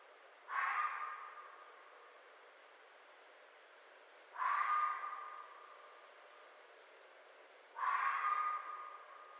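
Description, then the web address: Red fox barking: three rough, slightly tonal barks at steady intervals of around three and a half seconds, with a quiet background. Recorded 4 May 2011. "Red Fox 2011 05 04 Red Fox"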